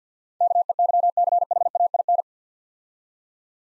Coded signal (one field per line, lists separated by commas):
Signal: Morse code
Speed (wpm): 51 wpm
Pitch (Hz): 700 Hz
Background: none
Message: KEYCHAIN